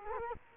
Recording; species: mosquito wingbeat signal from an infrared sensor; Culex quinquefasciatus